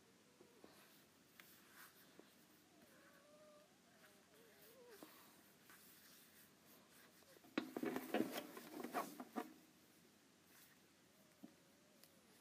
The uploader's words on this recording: ASMR Apple Pencil on iPad.